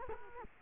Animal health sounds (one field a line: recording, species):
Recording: mosquito wingbeat signal from an infrared sensor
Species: Culex quinquefasciatus